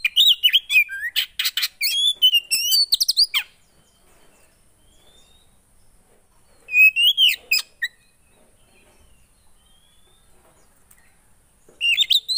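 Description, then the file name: Oriental magpie-robin song, a fast run of whistled and scratchy notes for about three seconds, then silence broken by a short whistled burst and a final phrase. Song of a kacer played so a caged bird becomes agitated and responds. "Burung kacer anda langsung emosi dengar ini"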